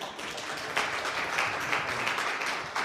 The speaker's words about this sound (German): Applaus für Jürgen.